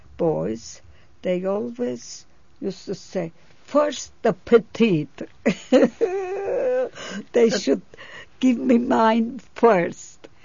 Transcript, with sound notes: boys, they always used to say, "First the petite." ( she laughs ) They should give me mine first.